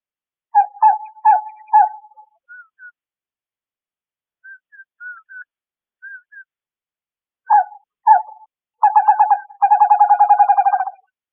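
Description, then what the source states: Western screech owl giving short pulsed hoots, soft doubled whistles, then several brief bursts leading into a fast, even trill of low hoots. Recorded 4 June 2008.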